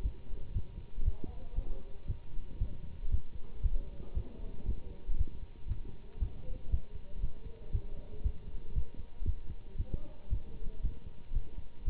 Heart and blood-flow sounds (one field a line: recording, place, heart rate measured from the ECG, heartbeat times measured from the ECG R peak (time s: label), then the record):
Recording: heart sounds by stethoscope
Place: between the tricuspid and mitral areas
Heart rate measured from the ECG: 117 bpm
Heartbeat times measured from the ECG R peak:
0.02 s: heartbeat
0.53 s: heartbeat
1.04 s: heartbeat
1.55 s: heartbeat
2.07 s: heartbeat
2.59 s: heartbeat
3.10 s: heartbeat
3.62 s: heartbeat
4.14 s: heartbeat
4.66 s: heartbeat
5.17 s: heartbeat
5.68 s: heartbeat
6.19 s: heartbeat
6.70 s: heartbeat
7.21 s: heartbeat
7.72 s: heartbeat
8.23 s: heartbeat
8.74 s: heartbeat
9.25 s: heartbeat
9.77 s: heartbeat
10.29 s: heartbeat
10.82 s: heartbeat
11.33 s: heartbeat
11.85 s: heartbeat
From the record:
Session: Bruce protocol treadmill stress test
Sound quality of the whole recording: good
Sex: male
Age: 24 years